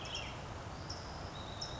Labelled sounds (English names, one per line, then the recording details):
California Towhee
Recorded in Sonoma County, California